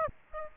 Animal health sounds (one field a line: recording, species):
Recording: mosquito wingbeat signal from an infrared sensor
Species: Aedes aegypti